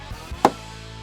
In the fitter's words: here it click into place same thing here okay